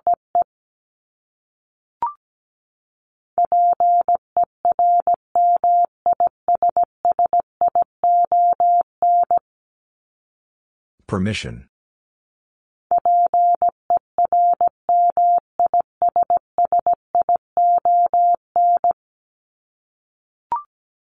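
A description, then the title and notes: Morse code tapped out as a steady mid-pitched tone in short and long beeps, sent in two dense runs of about six seconds each with a silent gap between. A brief hissy burst falls in that gap, and single short blips mark the start and end. Top 1501-1750 Words 17wpm. First, the word is sent in Morse code.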